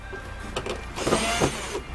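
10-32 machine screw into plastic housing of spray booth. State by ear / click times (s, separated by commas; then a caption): stripped / 0.6 s, 0.7 s. A power tool drives a 10-32 machine screw into the plastic housing of a portable airbrush spray booth. Sharp clicks come at 0.6 s and 0.7 s, followed by a steady whirring. The screw has stripped out the plastic.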